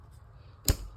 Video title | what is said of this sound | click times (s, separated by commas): how to COMPLETE 2019 outback spark plug change | plug that back in you can hear a click | 0.7 s